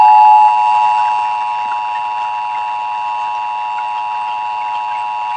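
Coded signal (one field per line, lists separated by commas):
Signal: Emergency Alert System (SAME) tones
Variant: 853 and 960 Hz attention tone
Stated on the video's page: Required Monthly Test as aired on AM radio station 1450.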